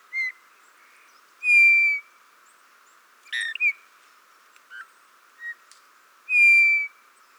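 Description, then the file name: Eurasian bullfinch calls: mellow, level piped whistles, two of them long, mixed with a brief creaky buzz and short soft notes against a low hiss. "Pyrrhula pyrrhula"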